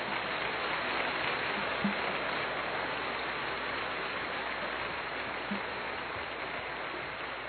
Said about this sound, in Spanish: Y vamos a darles un aplauso a ellos, por favor.